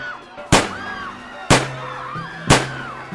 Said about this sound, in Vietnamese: Tiếng súng, tiếng la hét hỗn loạn.